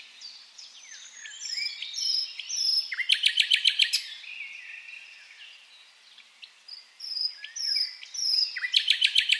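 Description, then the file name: Common nightingale singing varied phrases of high whistles and slurred notes, broken by fast rattling trills of sharp repeated notes near three and nine seconds. "Luscinia megarhynchos"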